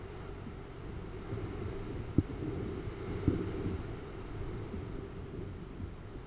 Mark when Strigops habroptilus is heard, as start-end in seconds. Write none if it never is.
none